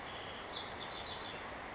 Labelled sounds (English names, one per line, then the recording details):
House Wren
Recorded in Sonoma County, California